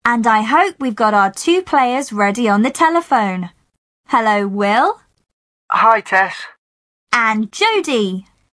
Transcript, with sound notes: And, I hope, we’ve got our two players ready on the telephone. Hello? Will?
(on phone) Hi Tess.
…and Jodie.